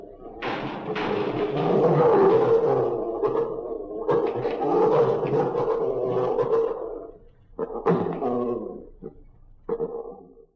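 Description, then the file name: Peccary calls: long, harsh, growling roars with a steady buzzy tone, followed by several shorter rough grunting bursts near the end. "zvuki pekari"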